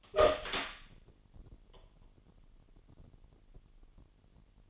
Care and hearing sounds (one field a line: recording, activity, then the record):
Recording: daily activity, microphone in the room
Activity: open door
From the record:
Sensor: 4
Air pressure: 999.2 hPa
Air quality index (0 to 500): 114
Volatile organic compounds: 2 ppm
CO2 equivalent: 1126 ppm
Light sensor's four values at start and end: 13/31/12/14 and 13/32/13/14